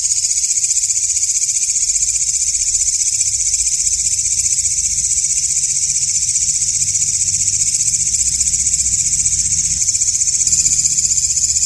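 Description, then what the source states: Grasshopper's high, insistent pulsed buzz running steadily over a low rumbling background hum. Walang ngapak calls separated by 30-second pauses.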